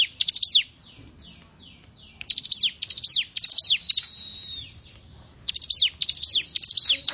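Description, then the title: Prinia song: high, thin downward-sweeping chirps delivered in short rapid bursts separated by quiet gaps, with a faint sustained tone between bursts. "Ciblek Sawah"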